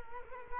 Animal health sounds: mosquito wingbeat signal from an infrared sensor; Culex quinquefasciatus

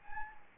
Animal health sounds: mosquito wingbeat signal from an infrared sensor; Anopheles gambiae

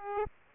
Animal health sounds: mosquito wingbeat signal from an infrared sensor; Aedes aegypti

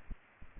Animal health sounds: mosquito wingbeat signal from an infrared sensor; Aedes aegypti

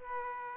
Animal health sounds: mosquito wingbeat signal from an infrared sensor; Aedes aegypti

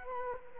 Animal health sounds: mosquito wingbeat signal from an infrared sensor; Culex quinquefasciatus

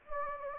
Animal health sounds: mosquito wingbeat signal from an infrared sensor; Anopheles gambiae

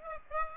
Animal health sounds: mosquito wingbeat signal from an infrared sensor; Aedes aegypti

